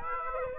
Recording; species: mosquito wingbeat signal from an infrared sensor; Aedes aegypti